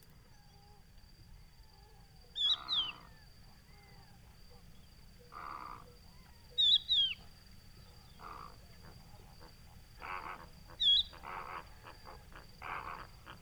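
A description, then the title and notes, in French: A hidden bird in the Camargue marsh gives sharp, bright calls about every four seconds over low wind rumble, softer croaking bursts and steady high whine. Etang du Vaccares - Camargue. Nagra seven - Telinga pro7. Une bonne heure après le lever du jour, un oiseau cri invisible camouflé dans la sansouire de Camargue. Il est facile à reconnaitre par son appel sifflet et plaintif. Il s'agit d'un adulte de Cochevis huppé (Galerida cristata) qui appel ses congénères.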